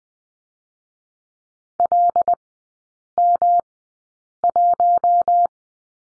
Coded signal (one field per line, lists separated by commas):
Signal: Morse code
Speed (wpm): 20 wpm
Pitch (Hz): 700 Hz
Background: none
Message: LM1